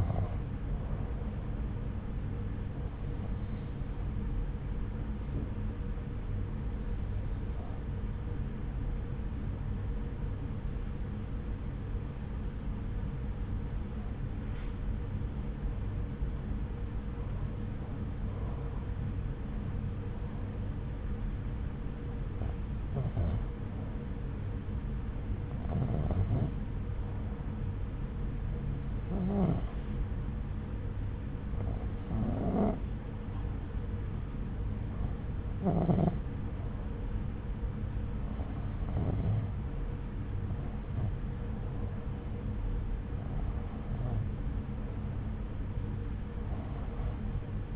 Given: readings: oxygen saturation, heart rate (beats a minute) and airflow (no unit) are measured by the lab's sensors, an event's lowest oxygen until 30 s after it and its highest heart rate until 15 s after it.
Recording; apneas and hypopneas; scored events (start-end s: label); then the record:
breathing in sleep by a smartphone at the bedside; 1
6.00-38.50 s: hypopnea (N1, oxygen 94% highest, then 89% lowest)
From the record:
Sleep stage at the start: N1 (lightest sleep); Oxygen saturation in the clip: 91 to 95%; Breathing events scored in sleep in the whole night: 303 in 8.1 hours asleep